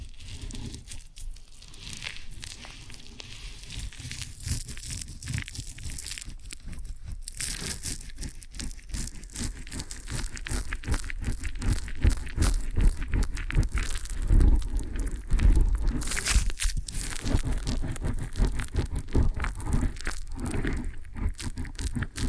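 Ear and scalp massage sounds: dense, continuous rubbing, crinkling and scratchy friction with many quick bright crackles. The texture stays busy throughout, growing louder and fuller after about ten seconds, with a few sharper low thumps around fourteen to sixteen seconds.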